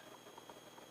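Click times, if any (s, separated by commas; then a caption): none. Someone moves the shoulder of a plastic transforming action figure and tries to fit its arm panel into the shoulder, producing two faint plastic contact taps at about 0.4 and 0.5 seconds over a low steady background with faint high tones. The arm panel has not clicked into place or seated anywhere.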